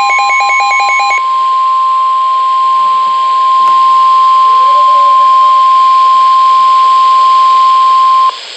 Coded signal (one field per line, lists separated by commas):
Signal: Emergency Alert System (SAME) tones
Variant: 1050 Hz attention tone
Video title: NOAA Weather Radio EAS #440: Flash Flood Warning